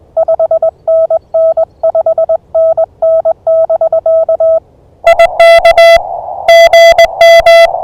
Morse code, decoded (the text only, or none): 5NN 5NN <BK> IK GM